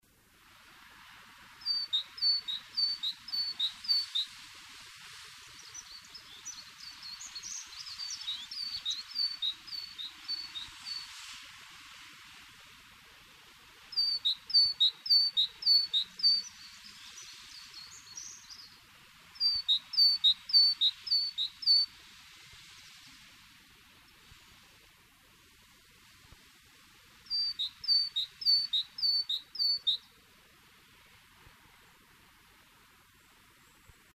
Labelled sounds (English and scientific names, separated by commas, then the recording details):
Great Tit (Parus major) song, Dunnock (Prunella modularis)
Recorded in the wild
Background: Prunella modularis
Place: Kaiserslautern, Rheinland-Pfalz, DE
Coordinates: 49.4247, 7.77889
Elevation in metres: 279
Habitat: garden
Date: 1978-03-22
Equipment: Nagra IV, Sennheiser MKH 405, Parabolreflektor
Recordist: Tretzel, Erwin
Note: Garten, Kaiserslautern: Gesang von Frentzels Pappel aus